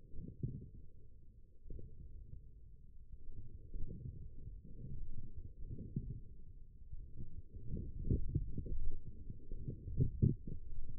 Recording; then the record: forearm muscle sounds (acoustic myography)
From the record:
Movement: forearm supination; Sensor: system 1, eight BSWA MPA416 microphones around the upper forearm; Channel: 7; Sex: male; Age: 20 years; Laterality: left